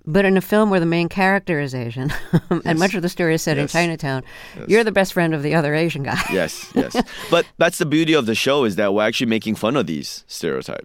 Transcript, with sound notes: But in a film where the main character is Asian (laughter)...
Yes, yes.
And much of the story is set in Chinatown.
Yes, yes.
You're the best friend of the other Asian guy (laughter).
Yes, yes. But that's the beauty of the show is that we're actually making fun of these stereotypes...